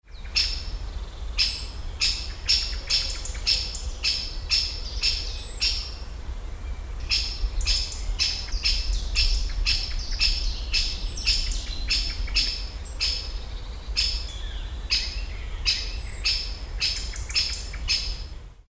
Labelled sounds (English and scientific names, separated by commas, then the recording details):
Great Spotted Woodpecker (Dendrocopos major)
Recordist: Tembrock, Günter
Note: Kick-Laute